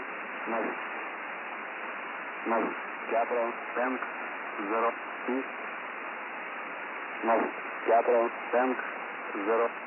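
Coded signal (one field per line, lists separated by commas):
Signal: numbers station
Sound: short spoken words in small groups, like numbers being read, over steady hiss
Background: radio static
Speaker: reading continuous strings of numbers along with the sound of a bleeding goat and the phrase I guess I should be going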